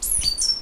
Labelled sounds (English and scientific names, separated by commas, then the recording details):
Stitchbird (Notiomystis cincta) song
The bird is a male
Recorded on Tiritiri Matangi Island, New Zealand, in 2005
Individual 2, of nest box 2